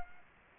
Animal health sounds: mosquito wingbeat signal from an infrared sensor; Aedes aegypti

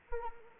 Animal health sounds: mosquito wingbeat signal from an infrared sensor; Anopheles arabiensis

